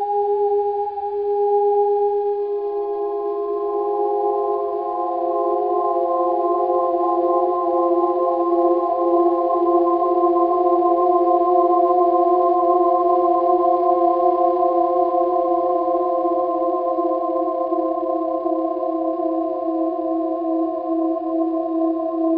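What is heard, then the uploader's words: Four voices blend into one continuous drone of steady, overlapping tones at a mid-high pitch. Around two seconds in, the lower tones shift slightly; after that a gentle wavering colors the sound, with faint bright overtones sitting above. Droneo 1.4 can randomly weave timbral changes into a continuous stream. This is just four voices, blending harmonics from 16-32 of a C2 (130.8 or so Hz)Run through Droneo's native chorus and Vandelay.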